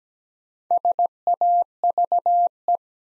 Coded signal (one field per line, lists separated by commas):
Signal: Morse code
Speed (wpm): 17 wpm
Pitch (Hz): 700 Hz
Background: none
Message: SAVE